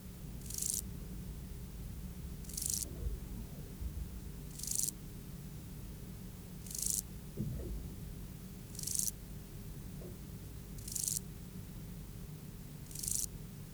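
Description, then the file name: Grasshopper song of seven short, dry rasping bursts, evenly repeated about every two seconds, with a low hum and a few faint knocks beneath. "Euchorthippus pulvinatus"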